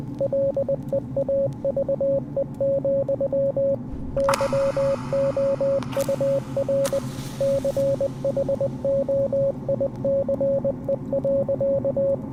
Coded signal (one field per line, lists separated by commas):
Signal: Morse code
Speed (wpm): 20 wpm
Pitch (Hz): 550 Hz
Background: radio noise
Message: LEAVE, YOUR CHOICE.